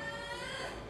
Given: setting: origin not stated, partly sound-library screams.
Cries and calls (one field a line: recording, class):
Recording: one-second piece from a danger detection set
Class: woman in danger